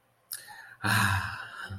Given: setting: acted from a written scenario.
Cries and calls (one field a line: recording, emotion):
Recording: vocal sound without words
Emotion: ecstasy